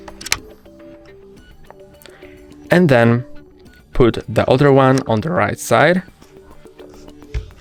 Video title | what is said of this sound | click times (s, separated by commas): How to Put On the Head Strap for Meta Quest 3S | put it in until it clicks | 0.3 s